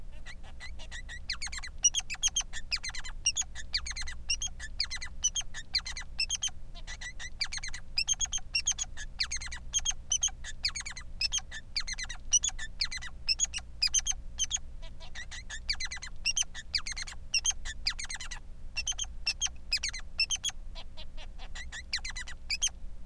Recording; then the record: song of a male Bengalese finch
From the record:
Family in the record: son of father 3